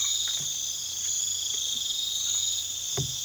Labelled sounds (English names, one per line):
none